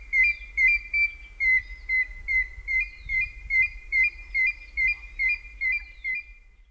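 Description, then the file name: African grey hornbill calling with a steady series of plaintive, slightly down-slurred whistles, about two each second, with a faint low rumble underneath. "African Grey Hornbill (Tockus nasutus)"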